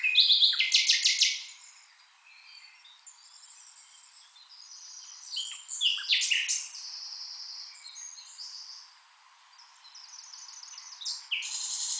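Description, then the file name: Common nightingale song: a loud, harsh burst of rapid notes at the start, followed by quieter scattered whistles and chirps, rising again near the end. "Luscinia megarhynchos"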